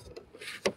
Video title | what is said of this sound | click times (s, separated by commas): Nissan Micra Xtronic CVT | lock అయింది. | 0.7 s